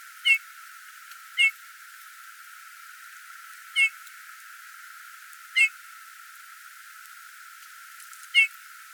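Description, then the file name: Eurasian bullfinch calling with five short, gentle piped whistles, spaced irregularly throughout, with only low background hiss. "Pyrrhula pyrrhula"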